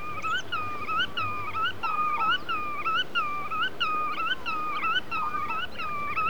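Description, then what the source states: Godwit song: rhythmic whistled phrases repeated in quick succession. Wader whose song sounds like 'veretyen, veretyen', the origin of its Russian name; central Russia.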